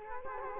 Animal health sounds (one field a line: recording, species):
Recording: mosquito wingbeat signal from an infrared sensor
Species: Culex quinquefasciatus